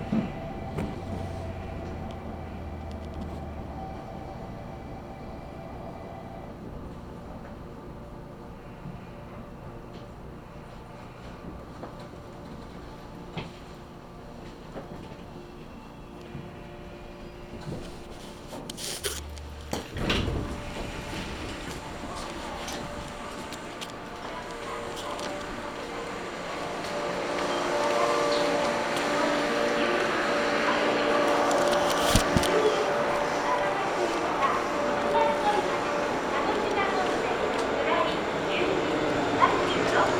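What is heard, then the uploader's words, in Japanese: A ride on the Kagoshima Main Line, with a steady low rumble and faint hum for the first twenty seconds. Around nineteen seconds a sharp knock cuts through, and from about twenty-five seconds a louder, brighter rushing roar builds and stays to the end. 鹿児島本線・筑豊本線 九州工大前→折尾→本城。北九州市内の工業地帯を行くので貨物用の側線が多く並んでいて。スペースワールド駅で特急を待避し折尾駅に到着します。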